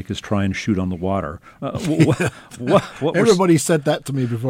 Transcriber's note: laughter